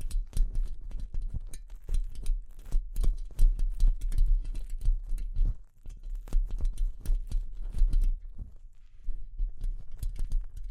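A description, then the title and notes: Delicate tapping in quick, irregular clusters of light clicks, with a steady low rumble underneath and a brief lull near six seconds. ASMR Delicate Tapping (No Talking).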